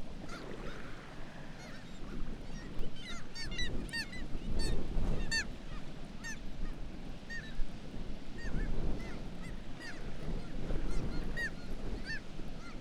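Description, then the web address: Black-legged kittiwake calls, nasal cries rising and falling in clustered bursts from several birds, with loud gusty low roaring. "Black legged kittiwake. صدای-پرنده-کاکایی-پاسیاه"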